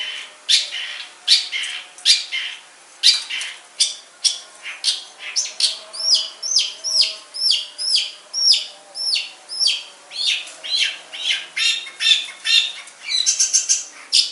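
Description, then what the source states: Long-tailed shrike song, a long, steady stream of scratchy chattering phrases and squeaks with no real break. Banyuwangi and Madura types of cendet.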